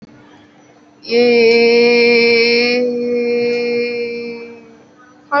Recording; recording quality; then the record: sustained vowel as in made; excellent, no background noise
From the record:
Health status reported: recovered from COVID-19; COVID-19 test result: positive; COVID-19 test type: RT-PCR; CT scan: not taken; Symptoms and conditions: another condition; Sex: female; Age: 19 years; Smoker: no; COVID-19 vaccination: one dose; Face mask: worn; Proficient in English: yes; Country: India